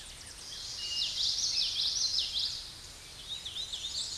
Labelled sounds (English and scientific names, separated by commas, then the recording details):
Common Yellowthroat (Geothlypis trichas) song
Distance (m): 20 m
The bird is about 5 m above the microphone
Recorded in a Pennsylvania forest on 16 May 2024 at 08:01
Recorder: AudioMoth, point MSD-2320
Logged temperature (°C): 12.8 °C
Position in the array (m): 226 m, 181 m